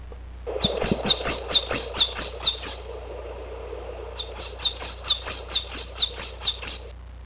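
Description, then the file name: Coal tit song: a quick run of several high, thin two-part notes, a short pause, then a second similar run, with faint low background hum. "higara"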